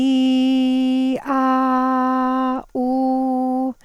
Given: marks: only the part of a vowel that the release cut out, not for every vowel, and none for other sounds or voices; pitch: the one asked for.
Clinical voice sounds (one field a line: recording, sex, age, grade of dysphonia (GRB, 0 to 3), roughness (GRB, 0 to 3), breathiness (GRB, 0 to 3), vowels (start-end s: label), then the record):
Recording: sustained vowels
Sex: female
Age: 40 to 49 years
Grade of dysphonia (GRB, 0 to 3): 0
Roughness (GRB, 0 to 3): 0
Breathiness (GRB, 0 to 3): 0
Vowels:
0.00-1.07 s: vowel /i/, normal pitch
1.43-2.48 s: vowel /a/, normal pitch
2.82-3.64 s: vowel /u/, normal pitch
From the record:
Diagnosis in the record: Reinke's edema, hyperfunctional dysphonia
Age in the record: 41 years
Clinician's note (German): Zustand nach Abtragung